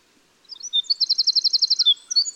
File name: Winter Wren